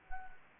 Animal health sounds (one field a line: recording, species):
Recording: mosquito wingbeat signal from an infrared sensor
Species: Anopheles gambiae